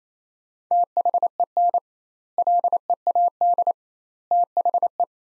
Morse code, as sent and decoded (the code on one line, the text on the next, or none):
- .... . -. / .-.. . .- -.. / - .... .
THEN LEAD THE